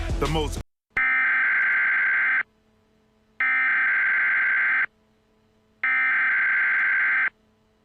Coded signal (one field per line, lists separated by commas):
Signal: Emergency Alert System (SAME) tones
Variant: header bursts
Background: speech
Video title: Evacuation Immediate/Fire Warning: Siskiyou County, CA 9/2/22 | Emergency Alert System